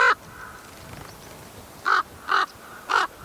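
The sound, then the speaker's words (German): Harsh, rasping raven calls: a short one at the start, then after a pause three loud croaking caws in steady succession, with no voices. “Ich konnte sie an ihren Rufen sofort als Raben erkennen, obwohl sie einen anderen Dialekt sprachen als den, den ich kannte.”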